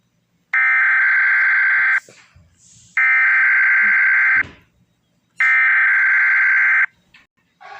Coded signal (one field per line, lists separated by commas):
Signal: Emergency Alert System (SAME) tones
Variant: header bursts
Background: speech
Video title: Vodalony Province's Eas Alarm's (Bonus!!)